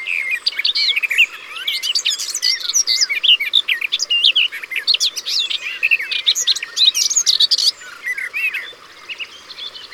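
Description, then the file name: Garden warbler singing a long, hurried, rich warble of varied liquid notes, flowing almost without break, then only quieter, sparser notes near the end. Recorded by the water. "Fauvette des jardins Au bord de leau"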